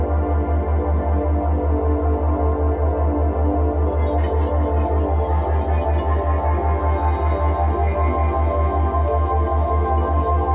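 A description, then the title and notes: Binaural ambience built on a steady, rapidly pulsing low throb under sustained layered tones, with a brighter upper shimmer entering after four seconds. Full-spectrum binaural ambience.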